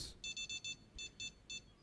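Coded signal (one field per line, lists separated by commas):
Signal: none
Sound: a game's fishing alert beeps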